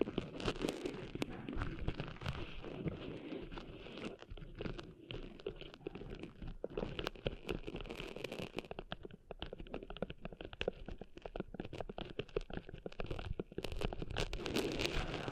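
Ear cleaning sounds: dense, continuous scratching and scraping with crackly, patter-like grains throughout. Quick irregular strokes run without pause, mixing a low rumbly layer with a bright, gritty top, briefly thinning around five and nine seconds.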